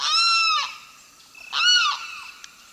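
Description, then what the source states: Limpkin calls: two loud, wailing harmonic cries, each held briefly then dropping sharply at the end, separated by about a second of quiet. Male awakening and calling before dawn on a spring day in a misty cypress swamp in Florida; described as a startling sound.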